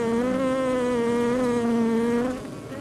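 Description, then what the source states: Honey bee buzz, one loud steady low drone with a slight waver, held for over two seconds before fading. Outside a beehive.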